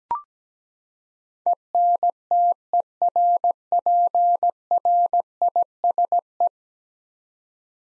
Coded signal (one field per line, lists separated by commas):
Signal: Morse code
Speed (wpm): 17 wpm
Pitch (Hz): 700 Hz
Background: none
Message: ENTERPRISE